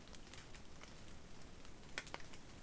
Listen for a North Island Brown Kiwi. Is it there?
no